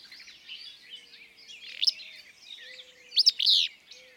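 Willow flycatcher song, two sharp buzzy sneezing bursts about a second and a half apart, over a busy chorus of thin twittering birds.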